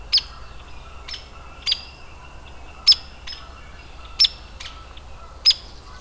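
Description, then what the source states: Hairy woodpecker giving a series of several abrupt, high peek calls. Adult.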